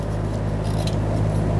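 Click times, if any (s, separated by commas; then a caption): none. The retaining lock ring of a fuel pump module assembly on a 2009-2013 BMW 328i xDrive 3.0L I6 is handled at the fuel tank opening as it is twisted to the right. A steady low hum runs under faint scraping and rustling, with a brief brighter scrape around 0.9 s. Nothing has seated or clicked yet.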